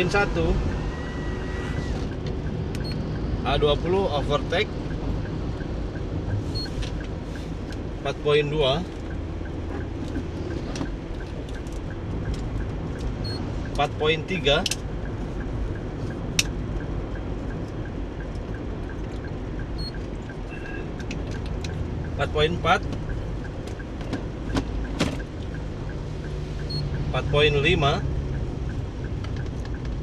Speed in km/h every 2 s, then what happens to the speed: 51, 52, 53, 54, 54, 55, 55, 55, 53, 51, 50, 49, 47, 46, 44.
0-14 steady at about 54. 14-30 slows to 44.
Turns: none.